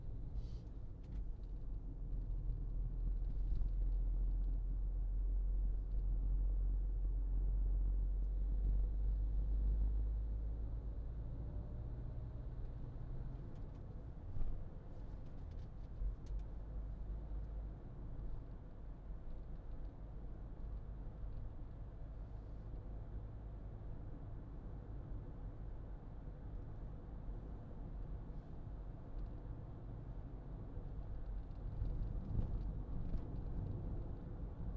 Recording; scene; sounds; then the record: everyday scene through a hearing-aid microphone; in a vehicle; engine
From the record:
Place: Berlingo II, diesel engine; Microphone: in the ear canal, left